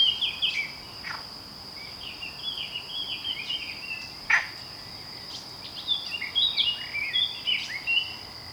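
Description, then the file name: Eurasian blackcap warbling in short, quick bursts of chattering notes, busiest near the end, over a steady high insect drone with a few sharp clicks. "Sylvia atricapilla"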